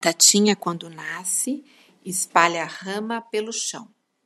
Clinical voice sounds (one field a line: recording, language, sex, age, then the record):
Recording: short text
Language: Brazilian Portuguese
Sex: female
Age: 50 to 59 years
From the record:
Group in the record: control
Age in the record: 51 years